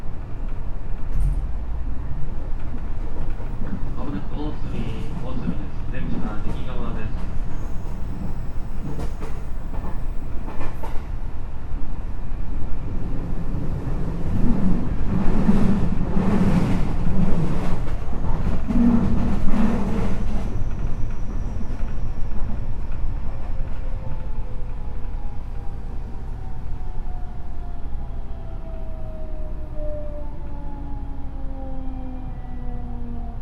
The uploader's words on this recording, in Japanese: JR西日本 207系電車 学研都市線快速 京橋から木津まで。西日本旅客鉄道207系電車の走行音です。学研都市線の快速列車で録音しました。